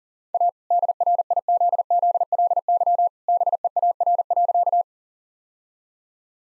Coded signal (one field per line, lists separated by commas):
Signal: Morse code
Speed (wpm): 40 wpm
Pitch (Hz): 700 Hz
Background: none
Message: A DRIZZLY BEAR.